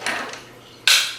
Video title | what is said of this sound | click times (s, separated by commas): Sky Viper V950 STR Video Streaming Drone Initial Set Up 720p HD | There you go, snaps into place. Did you hear that? | 0.9 s